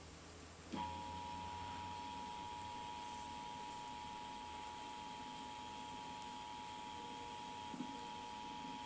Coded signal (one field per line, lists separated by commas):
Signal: Emergency Alert System (SAME) tones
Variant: 853 and 960 Hz attention tone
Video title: National test of the emergency alert system....